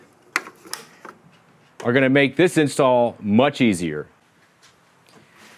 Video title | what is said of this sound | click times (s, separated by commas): OBS Chevy Truck Dually Restoration | parking brake release which snap in place right here | 0.4 s